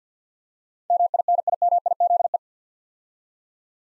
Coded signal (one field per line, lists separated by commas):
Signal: Morse code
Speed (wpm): 47 wpm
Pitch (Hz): 700 Hz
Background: none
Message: MINIMIZE